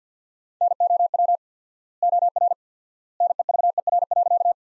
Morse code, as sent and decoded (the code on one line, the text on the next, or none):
-. --- .-- / --- .-. / -. . ...- . .-. .-.-.-
NOW OR NEVER.